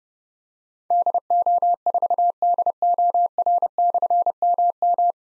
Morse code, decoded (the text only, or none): DO4DOR/MM